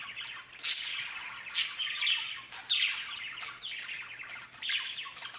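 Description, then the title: Budgerigar warbling chatter, continuous raspy twittering with sharp louder squawks bursting out every second or two. "Budgie Sounds"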